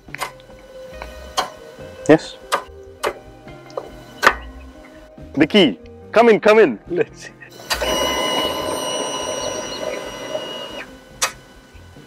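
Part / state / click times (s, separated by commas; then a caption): ignition key in motorcycle ignition switch / not seated / none. A metal key is handled at the ignition switch of a Royal Enfield Himalayan 450 motorcycle while someone talks, with sharp metallic taps and knocks spread through the clip and a steady musical hum from about 7.7 s to 10.8 s. The key is being handled but has not yet turned on with its positive click; nothing has seated or clicked yet.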